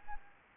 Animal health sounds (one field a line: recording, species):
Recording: mosquito wingbeat signal from an infrared sensor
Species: Anopheles gambiae